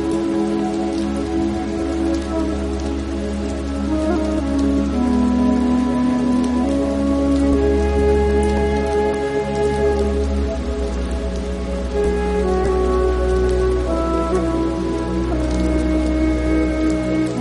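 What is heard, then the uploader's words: Rain patters steadily in fine, quick ticks over a heavy, constant low rumble. Sustained tones hold and shift to new pitches every couple of seconds, layered like slow chords. The level stays even throughout. Rainy Day.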